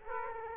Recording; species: mosquito wingbeat signal from an infrared sensor; Aedes aegypti